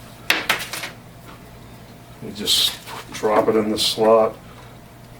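A yellow ink cartridge, with its orange cap snapped off, is handled at the carriage slot of an HP Photosmart 6520 inkjet printer, giving sharp plastic taps at about 0.3, 0.5 and 0.7 seconds. Someone then talks. The cartridge has not yet been pushed down into the slot, and nothing has seated or clicked.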